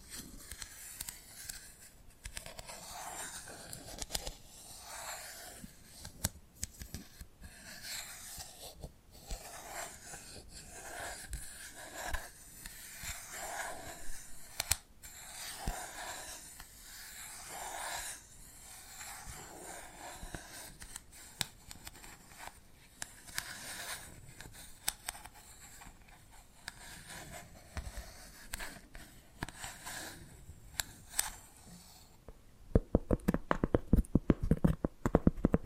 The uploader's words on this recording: ASMR Hypnotic Tapping and Scratching Sounds (No Talking).